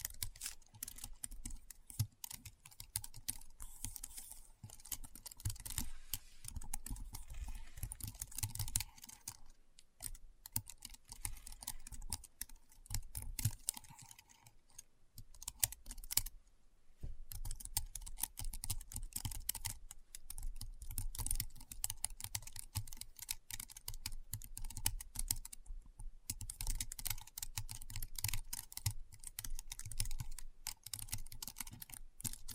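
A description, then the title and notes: Keyboard typing in dense, rapid bursts of crisp key clicks, with brief pauses near ten, fifteen, sixteen and twenty-six seconds. ASMR Keyboard Sounds (No Talking).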